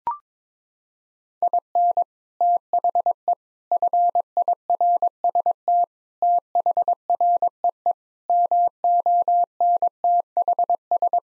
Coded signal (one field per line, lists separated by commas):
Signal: Morse code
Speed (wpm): 22 wpm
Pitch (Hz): 700 Hz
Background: none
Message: IN THE FIRST THREE MONTHS